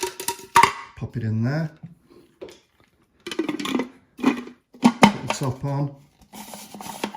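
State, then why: Not seated. Someone talks while handling the plastic lid of a film developing tank after the loaded spool has gone into the tank, with short plastic knocks and taps between the words. The lid has not clicked shut yet; nothing has seated.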